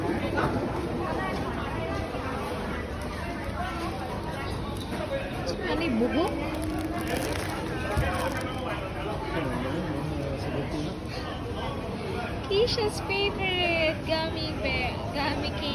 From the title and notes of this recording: Street Food in chiangmai part 2.